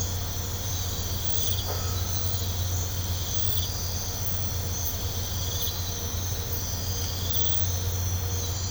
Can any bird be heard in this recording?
no